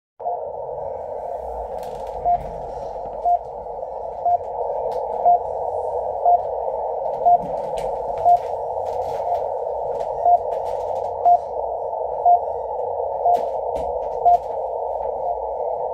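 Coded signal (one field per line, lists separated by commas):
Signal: radio time signal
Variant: RWM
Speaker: good signal rwm time signal station out of Moscow Russia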